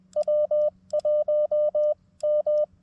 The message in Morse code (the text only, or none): W1 M